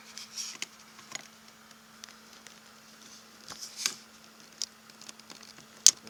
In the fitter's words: the hoses and you'll hear the connector click on same